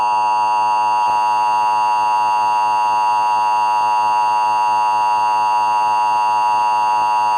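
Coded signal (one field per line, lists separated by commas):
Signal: Emergency Alert System (SAME) tones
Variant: 853 and 960 Hz attention tone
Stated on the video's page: Fictional scenario alert, not real, about aliens taking over Tennessee.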